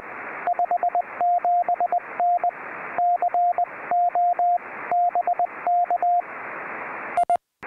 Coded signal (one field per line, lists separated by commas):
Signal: Morse code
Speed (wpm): 20 wpm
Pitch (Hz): 700 Hz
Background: radio noise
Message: 57N C O BK I